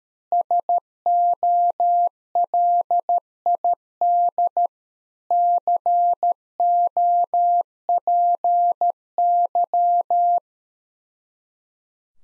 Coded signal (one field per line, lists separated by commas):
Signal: Morse code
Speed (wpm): 13 wpm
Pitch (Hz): 700 Hz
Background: none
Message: SOLID COPY